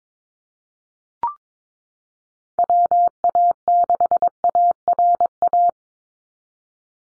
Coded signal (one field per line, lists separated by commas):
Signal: Morse code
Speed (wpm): 22 wpm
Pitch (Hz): 700 Hz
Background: none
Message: WA6ARA